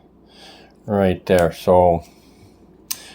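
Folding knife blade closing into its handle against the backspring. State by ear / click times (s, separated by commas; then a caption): seated / 2.9 s. Someone talks, then the blade of a TWOSUN TS197 slip joint pocket knife with a titanium and bone handle is closed by hand and snaps shut against the backspring with a sharp click at 2.9 s. The blade seats fully closed with a nice close.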